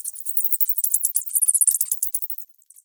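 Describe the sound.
Bats giving rapid, high-pitched chattering chirps and clicks in quick bursts, fading out after about two and a half seconds.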